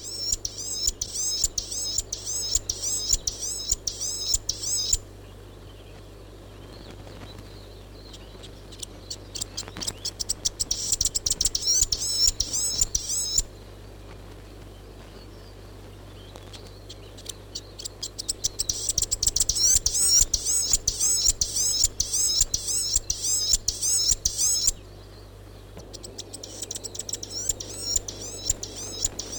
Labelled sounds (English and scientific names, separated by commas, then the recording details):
New Zealand Fantail (Rhipidura fuliginosa)
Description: Fantail: Chatham Island fantail song
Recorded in New Zealand